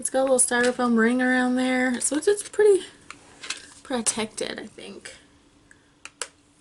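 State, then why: Seated. A single refill blush pan sits in a little styrofoam ring and is pressed into a slot in a refillable makeup palette. Someone talks over soft handling noises and a few small taps. The pan snaps into place with a sharp click at 6.2 s and is seated.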